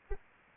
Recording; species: mosquito wingbeat signal from an infrared sensor; Anopheles arabiensis